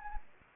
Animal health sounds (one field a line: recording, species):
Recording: mosquito wingbeat signal from an infrared sensor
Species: Anopheles arabiensis